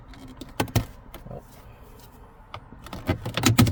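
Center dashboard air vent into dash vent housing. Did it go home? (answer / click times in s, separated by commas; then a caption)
no / none. A fallen-in plastic center dashboard air vent on a 2021 Dodge Charger is pushed back into its dash vent housing, shifted slightly to the left. Sharp plastic taps and knocks are heard around 0.6 and 0.8 seconds and again around 3.4 to 3.6 seconds. Nothing has clicked into place yet, so the vent still is not seated.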